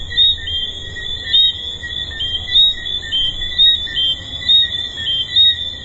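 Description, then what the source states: Tree frogs calling in a dense chorus, high tonal chirps layered over a steady ringing hum, with louder notes pulsing roughly once a second. Recorded at Hedonism II resort.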